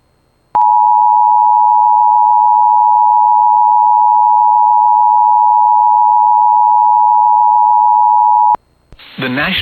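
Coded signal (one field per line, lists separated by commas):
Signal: Emergency Alert System (SAME) tones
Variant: 853 and 960 Hz attention tone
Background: speech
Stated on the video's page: Flash Flood Warning EAS alert captured on TV.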